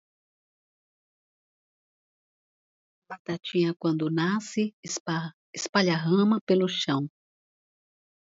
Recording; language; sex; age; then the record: short text; Brazilian Portuguese; female; 60 to 69 years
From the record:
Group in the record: control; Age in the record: 69 years